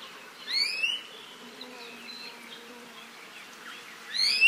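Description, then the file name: ʻIʻiwi calls: a squeaky, creaking rising note at the start and again at the end, with soft chirps in between. "Iiwi"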